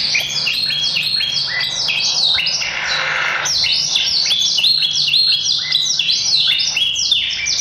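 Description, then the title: Yorkshire canary singing nonstop, a rapid chain of high, sweeping trills and repeated chirped phrases with no breaks, over a faint low hum. The canary's song is very long. ""Kenari Yorkshire". Suaranya Super Panjang"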